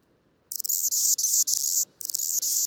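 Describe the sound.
Anna's hummingbird song of harsh, sizzling high buzzes, delivered in short connected phrases after a moment of quiet, with one brief gap.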